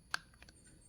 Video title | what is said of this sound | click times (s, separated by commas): $250 Ebay Cat Delete Exhaust Install & Sound - 2023 Yamaha R1🔥 | unhook the servo motor press down on the clamp here in the middle until you hear it snap | 0.1 s